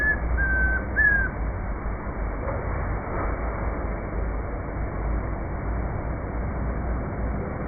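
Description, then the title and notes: Chestnut-crowned antpitta whistling a quick three-note call at the start, then only low rumbling background noise. Recorded 2 July 2025 on a farm in Bogotá, Colombia, during a birding outing; local name Comprapán; Zoom H5 recorder with SGH-6 microphone. "Grallaria ruficapilla o Comprapán. Esta captura fue hecha el día 2 de julio del año 2025, en la Finca Zarautz Claustro Moderno, en Bogotá, Colombia"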